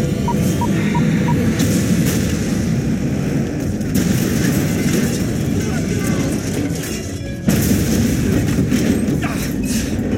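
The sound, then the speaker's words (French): Aboard a ship, a heavy, continuous low rumble and roar, broken by a sudden boom of a second explosion near the end that jolts the sound louder, with a few sharp cracks earlier on. “Puis une deuxième explosion l'envoie valser hors de sa couchette.”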